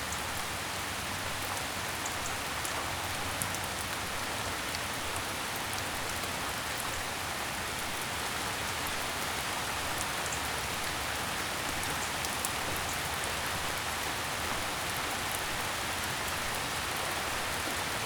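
Rain falls steadily throughout, a dense, even hiss that is mostly bright with a softer low rumble underneath. Small sharp drop ticks pop out of the wash now and then, scattered across the whole stretch. The level barely changes from start to finish.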